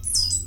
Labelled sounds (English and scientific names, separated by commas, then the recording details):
Stitchbird (Notiomystis cincta) song
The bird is a male
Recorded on Tiritiri Matangi Island, New Zealand, in 2005
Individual 22, of nest box 31